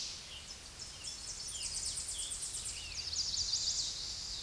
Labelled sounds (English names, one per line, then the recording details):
Chestnut-sided Warbler song
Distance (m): 35 m
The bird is about level with the microphone
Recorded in a Pennsylvania forest on 16 May 2024 at 07:35
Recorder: AudioMoth, point MSD-0788
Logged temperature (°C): 16.6 °C
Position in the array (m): 105 m, -5 m